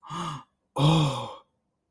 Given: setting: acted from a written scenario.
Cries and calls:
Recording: vocal sound without words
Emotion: elation

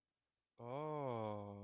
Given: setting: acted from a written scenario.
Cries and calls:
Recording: vocal sound without words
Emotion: awe

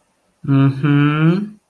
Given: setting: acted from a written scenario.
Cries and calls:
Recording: vocal sound without words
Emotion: contempt

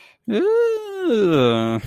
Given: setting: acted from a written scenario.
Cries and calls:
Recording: vocal sound without words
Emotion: embarrassment

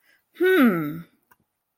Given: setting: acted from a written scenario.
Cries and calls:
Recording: vocal sound without words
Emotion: interest

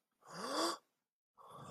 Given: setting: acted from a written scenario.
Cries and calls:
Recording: vocal sound without words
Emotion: fear

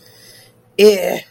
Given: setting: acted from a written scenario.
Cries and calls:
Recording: vocal sound without words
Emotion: shame

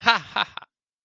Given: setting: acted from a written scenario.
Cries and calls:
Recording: vocal sound without words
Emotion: positive surprise

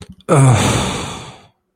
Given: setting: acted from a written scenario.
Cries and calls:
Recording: vocal sound without words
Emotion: disappointment

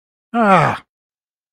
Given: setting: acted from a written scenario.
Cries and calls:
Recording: vocal sound without words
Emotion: disappointment

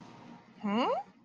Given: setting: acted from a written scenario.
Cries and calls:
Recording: vocal sound without words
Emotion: realization

